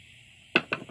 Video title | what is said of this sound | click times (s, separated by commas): 1986 moto 4 200 project pt3 / new brakes and little stuff | on it until it pops into place. Simple as that. | 0.6 s